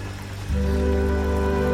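Steady rain falling on Mexico City hisses without a break, and after a brief moment a low, even drone rises beneath it and holds to the end.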